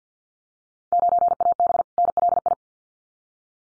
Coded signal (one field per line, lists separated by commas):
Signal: Morse code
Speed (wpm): 48 wpm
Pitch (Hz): 700 Hz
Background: none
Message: 9AB NLI